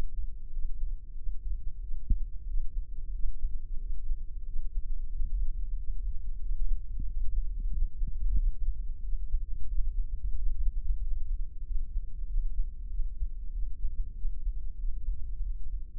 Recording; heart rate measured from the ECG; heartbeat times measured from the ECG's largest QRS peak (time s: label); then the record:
heart sounds by microphone in the left ear; 93 bpm
0.55 s: heartbeat
1.19 s: heartbeat
1.84 s: heartbeat
2.50 s: heartbeat
3.16 s: heartbeat
3.83 s: heartbeat
4.48 s: heartbeat
5.14 s: heartbeat
5.80 s: heartbeat
6.44 s: heartbeat
7.09 s: heartbeat
7.74 s: heartbeat
8.39 s: heartbeat
9.05 s: heartbeat
9.71 s: heartbeat
10.39 s: heartbeat
11.04 s: heartbeat
11.68 s: heartbeat
12.30 s: heartbeat
12.92 s: heartbeat
13.55 s: heartbeat
14.18 s: heartbeat
14.81 s: heartbeat
15.45 s: heartbeat
From the record:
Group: healthy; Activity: Valsalva maneuver 0-7 s, rest 7-16 s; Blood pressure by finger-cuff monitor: 141/87 mmHg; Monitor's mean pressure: 100 mmHg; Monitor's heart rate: 93 bpm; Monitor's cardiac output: 7.2 L/min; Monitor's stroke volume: 76 mL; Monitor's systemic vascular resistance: 1050 dyn s/cm5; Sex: male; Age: 21 years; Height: 175 cm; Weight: 72.6 kg